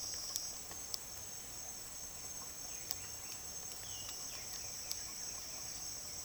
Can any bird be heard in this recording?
yes